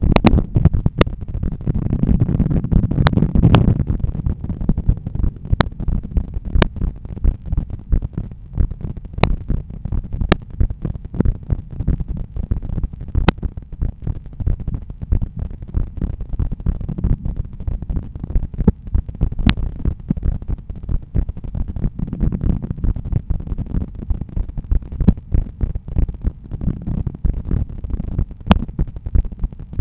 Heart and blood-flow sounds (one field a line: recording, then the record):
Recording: heart sounds by stethoscope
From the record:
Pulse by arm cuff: 92 bpm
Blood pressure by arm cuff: 119/79 mmHg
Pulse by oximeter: 92 bpm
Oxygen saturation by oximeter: 97%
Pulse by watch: 94 bpm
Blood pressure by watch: 117/78 mmHg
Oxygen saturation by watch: 95%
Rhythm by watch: sinus rhythm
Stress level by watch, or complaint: medium stress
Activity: after lunch and office activities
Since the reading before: plus 5500 steps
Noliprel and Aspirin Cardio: no pills today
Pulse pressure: 40 mmHg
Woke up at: 7:00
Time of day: 14:03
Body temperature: 36.3 C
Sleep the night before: 8 h 5 min, score 54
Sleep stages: REM 28%, light 57%, deep 5%, awake 10%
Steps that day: 9800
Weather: cloudy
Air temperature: 19.3 C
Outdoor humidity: 74%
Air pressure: 1012 hPa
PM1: 30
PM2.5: 42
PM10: 54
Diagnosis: hypertension, treated with Noliprel and Aspirin Cardio 100 mg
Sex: male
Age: 53 years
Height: 174 cm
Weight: 81 kg